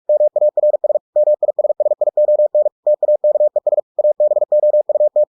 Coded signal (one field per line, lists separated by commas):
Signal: Morse code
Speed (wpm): 46 wpm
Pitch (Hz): 600 Hz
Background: none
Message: MARS MISSION TAKES ABOUT